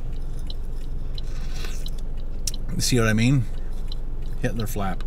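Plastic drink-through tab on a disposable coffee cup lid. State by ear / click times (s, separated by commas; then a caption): not seated / none. The plastic drink-through tab on a disposable takeaway coffee lid is folded back to snap into its catch on the lid, with a few faint plastic ticks and handling noises while someone talks. The tab has not snapped in: it does not hold and stays as a loose flap.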